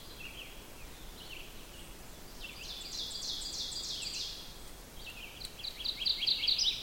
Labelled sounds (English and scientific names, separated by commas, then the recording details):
Ovenbird (Seiurus aurocapilla) song
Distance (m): 75 m
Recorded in boreal forest in Alberta, Canada, on 6 June 2016 at 06:26
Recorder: SongMeter 3, array SBT-3-51
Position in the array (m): 223 m, 9 m
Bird 27